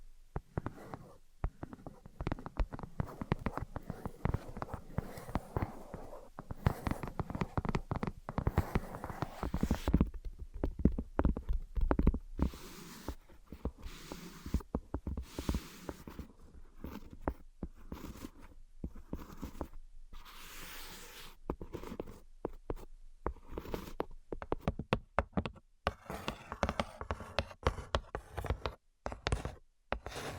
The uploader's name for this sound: Invisible Tapping and Scratching